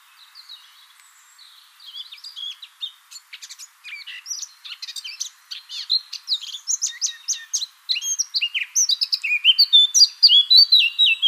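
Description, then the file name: Eurasian blackcap singing, a quiet chattering start swelling into a fast, varied warble with loud fluty notes toward the close. "Sylvia atricapilla"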